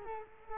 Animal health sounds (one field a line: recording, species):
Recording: mosquito wingbeat signal from an infrared sensor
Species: Culex quinquefasciatus